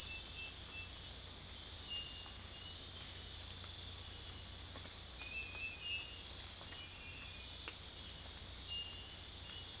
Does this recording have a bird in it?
no